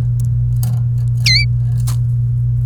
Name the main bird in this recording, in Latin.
Serinus canaria